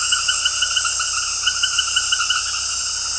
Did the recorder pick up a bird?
no